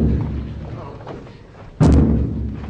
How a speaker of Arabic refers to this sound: دق دق دق. يحاول تقليد صوت الطبول التي نستمع.